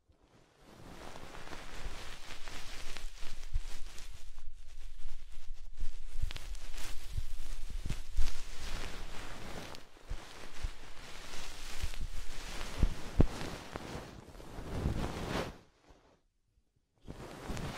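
Soft, fluffy rustling triggers brush and crinkle across the whole range in dense, irregular strokes, with small low thumps scattered throughout. The texture swells and thins, dropping out briefly near 4 and 10 seconds, then stops to near silence around 15.5 seconds before a short burst at the end.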